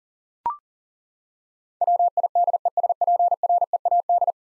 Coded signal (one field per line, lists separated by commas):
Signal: Morse code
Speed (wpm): 37 wpm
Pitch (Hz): 700 Hz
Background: none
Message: WIDESPREAD